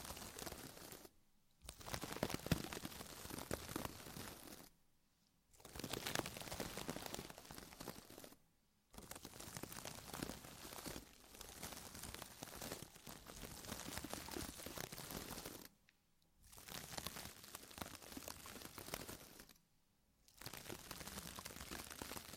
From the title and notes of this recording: ASMR Sleep With Deep Ear Massage (No Talking).